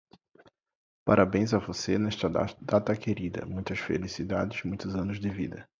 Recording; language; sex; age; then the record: short text; Brazilian Portuguese; male; 30 to 39 years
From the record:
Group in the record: control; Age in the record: 32 years